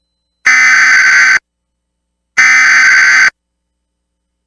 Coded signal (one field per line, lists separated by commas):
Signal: Emergency Alert System (SAME) tones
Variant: header bursts